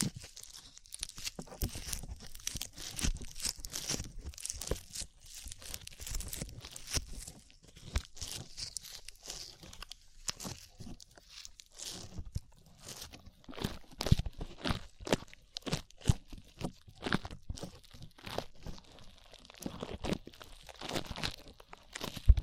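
Slime is squished and pulled in a dense run of sticky, crackling pops and crunches, each sharp and bright, coming rapidly with no regular beat. The sounds stay busy for the whole stretch, some bursts louder and wetter than others, over a quiet background.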